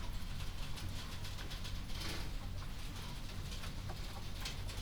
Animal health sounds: poultry house recording; healthy chickens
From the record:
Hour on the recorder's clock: 22

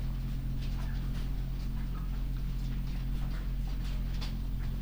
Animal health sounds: poultry house recording; sick chickens (respiratory disease)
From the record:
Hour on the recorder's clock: 4

